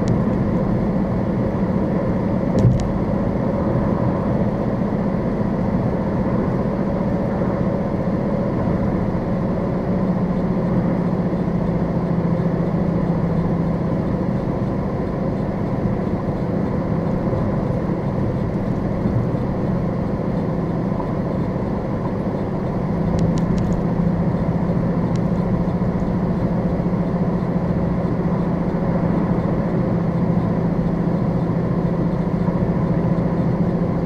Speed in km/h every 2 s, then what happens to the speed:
105, 103, 103, 103, 103, 100, 97, 97, 97, 97, 97, 97, 98, 98, 100, 98, 98.
0-12 slows to 97. 12-34 steady at about 97.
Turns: none.